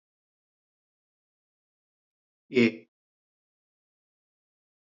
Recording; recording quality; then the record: sustained vowel as in made; excellent, no background noise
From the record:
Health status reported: healthy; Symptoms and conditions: none ticked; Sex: male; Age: 33 years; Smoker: not ticked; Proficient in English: yes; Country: India